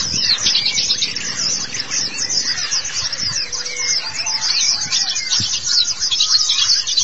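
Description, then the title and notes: White-eye song, a dense, unbroken stream of very high, thin twittering notes with overlapping chirps throughout. Long-duration recording of the chirping song. "Kicauan Burung Pleci Durasi Panjang. Suara kicauan burung pleci"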